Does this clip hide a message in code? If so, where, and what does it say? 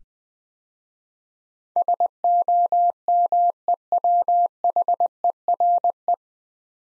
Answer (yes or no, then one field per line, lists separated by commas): yes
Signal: Morse code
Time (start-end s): 1.8-6.1 s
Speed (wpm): 20 wpm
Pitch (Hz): 700 Hz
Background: none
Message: SOMEWHERE